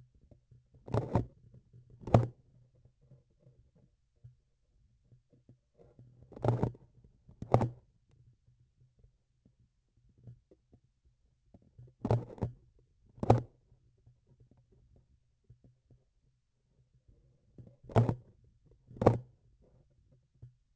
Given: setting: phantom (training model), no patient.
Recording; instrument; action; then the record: laparoscopic instrument, vibration sensor on the handle end; grasping forceps; opening and closing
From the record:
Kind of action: tool actuation without material contact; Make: other than Olympus